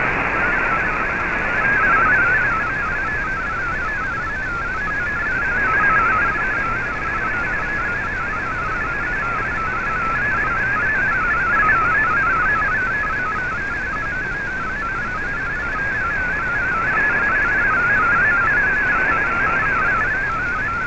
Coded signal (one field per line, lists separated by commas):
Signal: multi-tone FSK (Olivia or MFSK type)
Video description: here is my decode of the Shortwave Radiogram broadcast today on 15770Khz shortwave radio at 1300UTC in MFSK32 and 64 and with 10 SSTV images